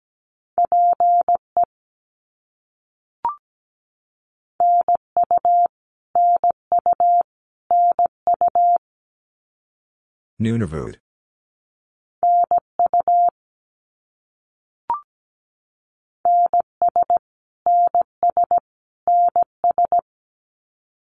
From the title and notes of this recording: Canadian Provinces and Territories - Repeated 3x - 17wpm. First, it is sent 3x in Morse code. Then it is spoken. Finally, it is sent again in Morse code.